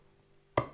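The film gate of a Krasnogorsk-3 16mm movie camera is closed and fixed in place after checking that the film is in position. Near-silence is broken by a single sharp snap at 0.6 s, and the gate seats and locks.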